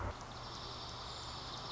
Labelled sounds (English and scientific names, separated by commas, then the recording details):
Dark-eyed Junco (Junco hyemalis)
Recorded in Sonoma County, California